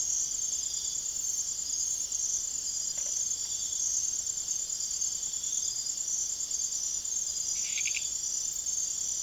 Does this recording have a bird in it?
no